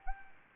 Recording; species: mosquito wingbeat signal from an infrared sensor; Anopheles gambiae